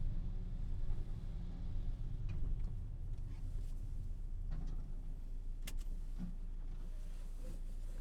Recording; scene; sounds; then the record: everyday scene through a hearing-aid microphone; in a vehicle; engine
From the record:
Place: Berlingo II, diesel engine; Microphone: behind the ear, left, front